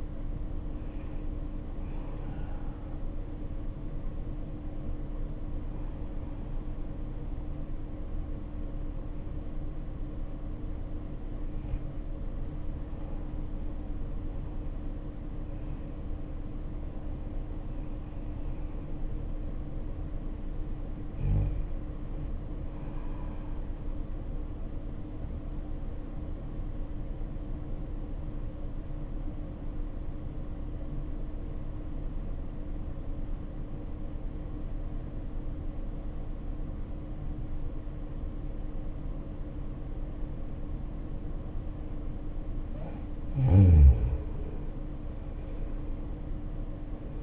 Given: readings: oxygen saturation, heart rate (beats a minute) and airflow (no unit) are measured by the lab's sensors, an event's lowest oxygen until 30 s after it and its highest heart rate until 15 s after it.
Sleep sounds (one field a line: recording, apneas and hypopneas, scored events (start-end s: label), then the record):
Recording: breathing in sleep by a smartphone at the bedside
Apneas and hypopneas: 1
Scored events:
15.00-45.00 s: new sleep stage, N1 (lightest sleep)
31.00-42.40 s: obstructive apnea (N1, oxygen 95% highest, then 82% lowest, heart rate 60 at the start, 76 highest)
45.00-47.23 s: new sleep stage, N2 (light sleep)
From the record:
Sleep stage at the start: N2 (light sleep)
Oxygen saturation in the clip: 85 to 96%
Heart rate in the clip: 57 to 75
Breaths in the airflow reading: 7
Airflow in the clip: -7.6 to 10.2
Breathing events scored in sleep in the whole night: 520 in 7.2 hours asleep